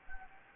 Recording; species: mosquito wingbeat signal from an infrared sensor; Anopheles gambiae